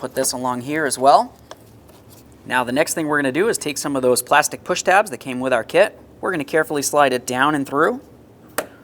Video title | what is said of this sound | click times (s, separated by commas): How To Replace Headlights 2000-2005 Buick LeSabre | listen for that click give the wire a little tug just to make sure it's safely secured behind this area | 8.6 s